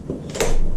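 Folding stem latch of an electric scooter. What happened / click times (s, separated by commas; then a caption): The folding latch clicked locked / 0.4 s. The metal folding latch on the stem of a Bexly 9 electric scooter is raised from folded to upright with a foot resting lightly on the deck. After a soft scrape and sliding sound, a sharp click at 0.4 s marks the latch locking into place.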